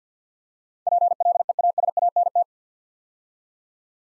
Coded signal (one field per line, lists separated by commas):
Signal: Morse code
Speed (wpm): 48 wpm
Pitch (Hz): 700 Hz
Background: none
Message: PLEASANT